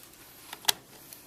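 The second, upper RAM module is pushed all the way into a laptop memory slot and pressed down into the side latches. A faint tick at 0.5 s comes before a sharp, bright click at 0.7 s, and another faint tick follows at 1.1 s. The module latches down and is seated.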